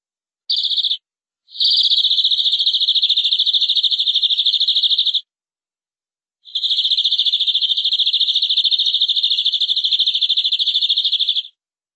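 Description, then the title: Canary song of long, rapid high trills: a short burst, then an extended rolling trill, a pause, and another long trill, all against silence. "BM Suara Kenari"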